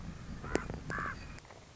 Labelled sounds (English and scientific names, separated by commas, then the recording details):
Common Raven (Corvus corax)
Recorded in Sonoma County, California